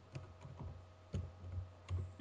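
Irregular keyboard typing with several sharp, heavier keystrokes standing out from lighter clicks, over a steady low hum. No one speaks.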